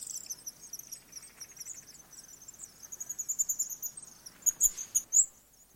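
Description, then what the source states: House swift twitters, high rapid trilling notes rising in strength toward the end over a steady low background rumble. Adult.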